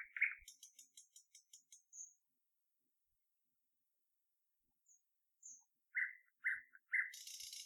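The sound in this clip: Bird calls: a rapid series of high ticking notes, then silence, followed by three harsh chirps and a burst of high rustling noise.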